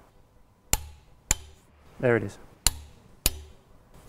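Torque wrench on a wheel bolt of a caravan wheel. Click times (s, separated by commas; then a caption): 0.7 s, 1.3 s. A torque wrench set to the prescribed level tightens a wheel bolt on a caravan wheel with steady, even pressure, giving sharp clicks at 0.7 s and 1.3 s. Someone talks briefly between further sharp clicks at about 2.7 s, 3.3 s and 4.1 s. The wrench confirms the bolt is torqued to the correct level.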